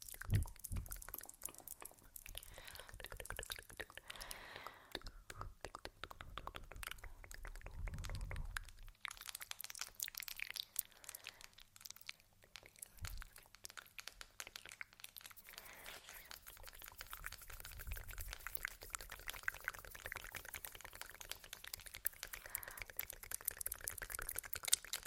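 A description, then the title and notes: Layered mouth sounds, face touching and tapping run together as a dense, continuous bed of small wet clicks and crinkly crackles. Soft, low thumps surface now and then, near 8, 13 and 18 seconds, while the bright clicking keeps an even, busy pace throughout. Layered Sounds (Sleepy Mouth Sounds, Face Touching, Tapping).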